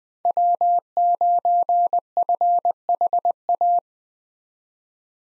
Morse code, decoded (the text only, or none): W9FHA